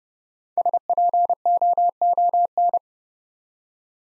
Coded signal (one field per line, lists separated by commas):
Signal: Morse code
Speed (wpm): 30 wpm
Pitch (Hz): 700 Hz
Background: none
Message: SPOON